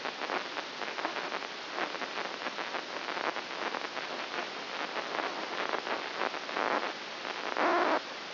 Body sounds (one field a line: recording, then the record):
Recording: brain microelectrode recording played as sound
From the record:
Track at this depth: inside the subthalamic nucleus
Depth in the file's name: 2.603 mm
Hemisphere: right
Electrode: 2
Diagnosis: Parkinson's disease